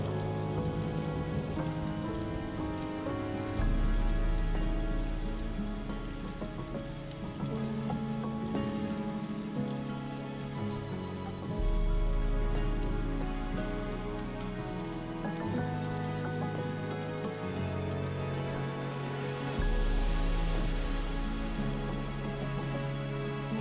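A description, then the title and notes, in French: Gentle rain patters steadily throughout, a soft constant hiss under calm music. Slow sustained chords and a deep bass note change roughly every four seconds, swelling slightly with each change, and the rain brightens briefly near the twenty-second mark. Les sons apaisants d'un orage et d'une pluie douce, accompagnés d'une musique sereine.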